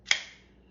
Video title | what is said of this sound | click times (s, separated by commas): SOG TRIDENT KNIFE UNBOXING #sog #sogknives #knife #knifereview | hear the click | 0.1 s